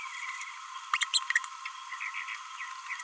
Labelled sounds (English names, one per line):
Green-rumped Parrotlet babbling